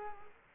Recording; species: mosquito wingbeat signal from an infrared sensor; Culex quinquefasciatus